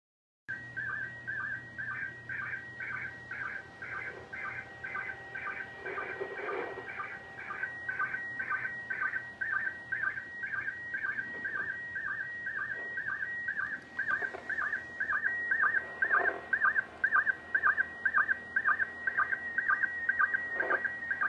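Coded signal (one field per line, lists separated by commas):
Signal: SSTV (slow-scan television)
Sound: rhythmic warbling tones repeating about twice a second over a steady high whistle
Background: radio static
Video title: 12-27-2024 - SSTV - ISS - YAESU FT-991-A - MMSSTV - On the Air with #va3ewv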